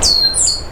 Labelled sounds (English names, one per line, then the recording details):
Stitchbird song
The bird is a male
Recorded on Tiritiri Matangi Island, New Zealand, in 2005
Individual 12, of nest box 16